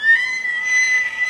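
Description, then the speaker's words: Elk bugling: a steady, high whistled tone with overtones, held without a break through the short excerpt. Bull elk bugling during the rut, the mating period lasting into October, when bulls show dominance to attract cows. "They make a distinctive sound called bugling, captured here by the Rocky Mountain Elk Foundation."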